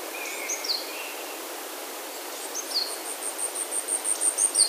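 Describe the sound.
Asian stubtail song: a thin, very high insect-like series of rapid pulsed notes that grows louder toward the end, after a few sharp downslurred calls from another bird.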